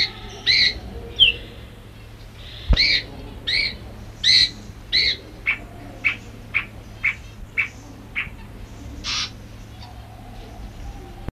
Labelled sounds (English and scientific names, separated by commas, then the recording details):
Golden-fronted Leafbird (Chloropsis aurifrons) call
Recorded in captivity
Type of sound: call
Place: Zoo Köln, Nordrhein-Westfalen, DE
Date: 1975-02-15
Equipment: Halbspur, 9,5 cm/s
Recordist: Lütgens, Hans
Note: Rufe